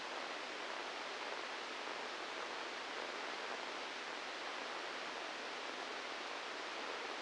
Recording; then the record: brain microelectrode recording played as sound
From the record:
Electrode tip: inside the subthalamic nucleus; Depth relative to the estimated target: 4 mm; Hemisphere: left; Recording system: NeuroSet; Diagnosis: Parkinson's disease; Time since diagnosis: 10 years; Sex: male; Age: 63 years